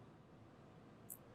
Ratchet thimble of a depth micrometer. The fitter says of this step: single click I'm going to put my lock on now make sure that's good and tight so I can handle the micrometer